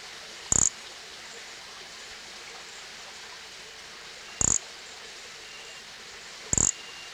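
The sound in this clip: Nesobia mjobergi producing three brief, sharp, high-pitched buzzy chirps separated by long silent gaps, with a soft background hiss.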